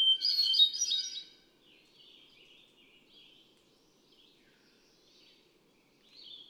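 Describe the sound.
Hermit thrush delivers a ringing fluty phrase, then quiet soft echoing notes trail off before a new high phrase begins.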